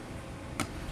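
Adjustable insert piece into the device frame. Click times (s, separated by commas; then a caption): 0.6 s. An adjustable insert piece is snapped into the toy's plastic frame, giving one sharp, bright snap at 0.6 s over a low, steady background. The piece seats firmly in the frame and is hard to get back out once snapped in.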